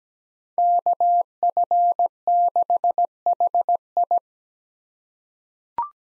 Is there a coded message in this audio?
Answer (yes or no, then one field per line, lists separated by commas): yes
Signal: Morse code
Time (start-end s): 0.6-4.2 s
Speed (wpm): 17 wpm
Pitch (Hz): 700 Hz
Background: none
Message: KF6HI